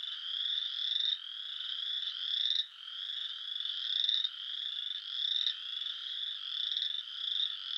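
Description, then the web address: Western chorus frog giving a series of rapid, creaking, rising trills in quick succession. "Dan Gibson Wildlife Identification By Sound, Eastern North America Pt 1. Western Chorus Frog"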